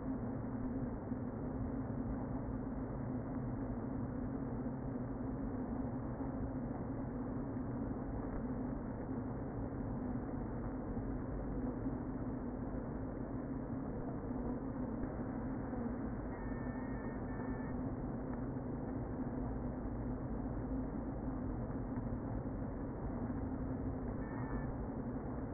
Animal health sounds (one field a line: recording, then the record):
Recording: honeybee colony, microphone inside the hive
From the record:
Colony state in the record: queen present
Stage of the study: before two queens were removed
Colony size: about 60,000 bees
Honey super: yes